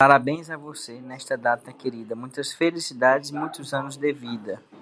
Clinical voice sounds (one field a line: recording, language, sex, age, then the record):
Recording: short text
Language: Brazilian Portuguese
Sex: male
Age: 30 to 39 years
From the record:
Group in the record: control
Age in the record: 30 years